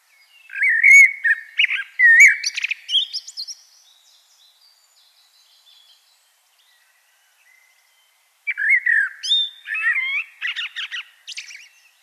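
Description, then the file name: Common blackbird song: two fluty, warbled phrases, each ending in high squeaky twitters, separated by several seconds of silence. "Turdus merula"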